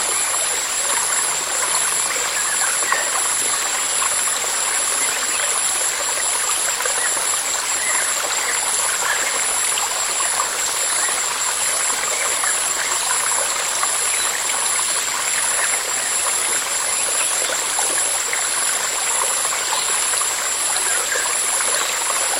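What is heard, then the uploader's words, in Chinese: Steady flowing water hisses evenly throughout, with a constant high, shrill insect drone layered on top, unchanging. 忘忧流水虫鸣。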